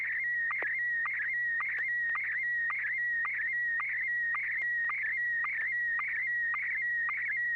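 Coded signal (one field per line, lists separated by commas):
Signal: SSTV (slow-scan television)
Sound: steady warbling tone around 1.9 kHz with rhythmic low clicks about twice a second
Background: low hum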